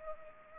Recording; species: mosquito wingbeat signal from an infrared sensor; Culex pipiens